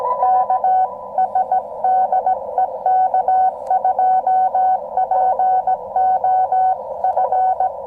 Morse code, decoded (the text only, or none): KS DE K2POF